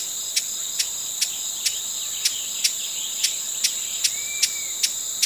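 Broad-billed hummingbird dry clicky chips in a rapid series, set against a constant high-pitched insect hum.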